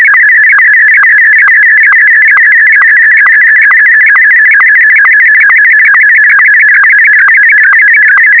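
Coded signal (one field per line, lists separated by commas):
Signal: SSTV (slow-scan television)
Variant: Martin M1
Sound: warbling electronic tone with rapid regular clicks, steady throughout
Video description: A secret end of year message for my fellow nerds. #sstv #martin-m1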